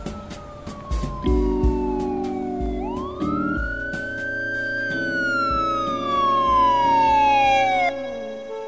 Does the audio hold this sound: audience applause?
no